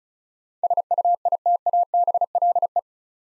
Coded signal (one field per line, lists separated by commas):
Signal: Morse code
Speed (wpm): 36 wpm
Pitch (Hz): 700 Hz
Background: none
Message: SUITABLE